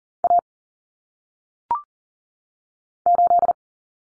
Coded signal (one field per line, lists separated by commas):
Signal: Morse code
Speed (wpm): 39 wpm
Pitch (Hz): 700 Hz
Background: none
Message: A 8